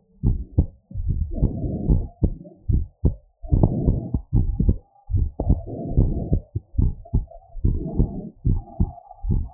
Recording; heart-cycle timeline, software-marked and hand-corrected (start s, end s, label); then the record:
heart sounds
0.00	0.24	diastole
0.24	0.34	S1
0.34	0.56	systole
0.56	0.66	S2
0.66	1.03	diastole
1.03	1.16	S1
1.16	1.40	systole
1.40	1.49	S2
1.49	1.85	diastole
1.85	1.99	S1
1.99	2.17	systole
2.17	2.28	S2
2.28	2.70	diastole
2.70	2.79	S1
2.79	3.05	systole
3.05	3.13	S2
3.13	3.50	diastole
3.50	3.66	S1
3.66	3.86	systole
3.86	4.00	S2
4.00	4.32	diastole
4.32	4.45	S1
4.45	4.60	systole
4.60	4.73	S2
4.73	5.13	diastole
5.13	5.25	S1
5.25	5.43	systole
5.43	5.57	S2
5.57	5.94	diastole
5.94	6.09	S1
6.09	6.28	systole
6.28	6.39	S2
6.39	6.75	diastole
6.75	6.90	S1
6.90	7.11	systole
7.11	7.22	S2
7.22	7.65	diastole
7.65	7.75	S1
7.75	7.96	systole
7.96	8.05	S2
8.05	8.43	diastole
8.43	8.55	S1
8.55	8.77	systole
8.77	8.84	S2
8.84	9.26	diastole
9.26	9.40	S1
9.40	9.54	systole
From the record:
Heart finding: normal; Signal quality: good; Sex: female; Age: 63 years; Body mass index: 29.3